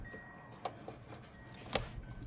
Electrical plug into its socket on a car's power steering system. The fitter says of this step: until it clicks.